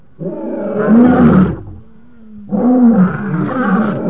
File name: lion